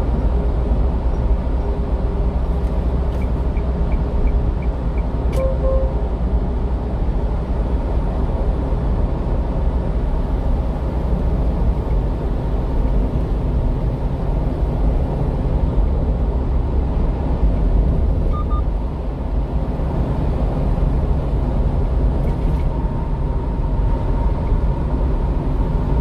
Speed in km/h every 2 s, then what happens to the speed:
80, 80, 79, 78, 79, 81, 83, 82, 82, 83, 84, 84, 86.
0-26 speeds up to 86.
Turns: none.